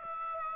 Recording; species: mosquito wingbeat signal from an infrared sensor; Aedes aegypti